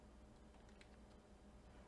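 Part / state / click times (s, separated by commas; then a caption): laptop RAM module in its SO-DIMM slot / seated / 0.8 s. A laptop RAM module for an Asus Strix Scar 15 (2022) is inserted at an angle into its SO-DIMM slot and pushed down until the silver side clips latch. Over a steady low hum, one short, sharp click is heard at 0.8 s as the module seats in the slot latches.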